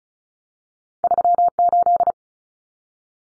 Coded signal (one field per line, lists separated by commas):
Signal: Morse code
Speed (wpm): 34 wpm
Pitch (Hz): 700 Hz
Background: none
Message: 38